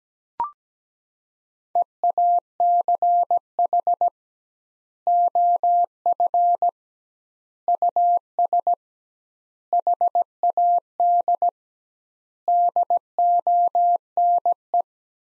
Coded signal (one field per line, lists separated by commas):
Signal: Morse code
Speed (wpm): 17 wpm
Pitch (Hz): 700 Hz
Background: none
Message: EACH OF US HAD DONE